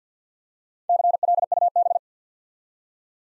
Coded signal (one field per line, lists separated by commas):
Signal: Morse code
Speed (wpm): 54 wpm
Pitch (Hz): 700 Hz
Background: none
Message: CLUB